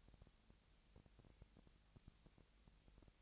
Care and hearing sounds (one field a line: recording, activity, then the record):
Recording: daily activity, microphone in the room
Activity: no activity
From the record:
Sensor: 3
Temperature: 20.6 degrees Celsius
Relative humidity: 35.7%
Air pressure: 998.7 hPa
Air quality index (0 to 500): 236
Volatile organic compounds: 72 ppm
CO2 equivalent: 3534 ppm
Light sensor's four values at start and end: 2/3/2/2 and 2/3/2/2